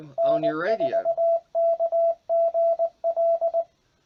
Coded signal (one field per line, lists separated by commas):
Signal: Morse code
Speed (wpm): 20 wpm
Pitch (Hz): 670 Hz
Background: speech, radio noise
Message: N4KGL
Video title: Keys and Keyers for Sending Morse Code